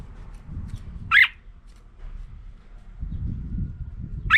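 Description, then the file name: Red-whiskered bulbul calls, a short squeaky note near the start and another at the end, with low shuffling and rustling noise between them. Female bird. "Tieng chao mao mai"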